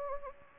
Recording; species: mosquito wingbeat signal from an infrared sensor; Anopheles gambiae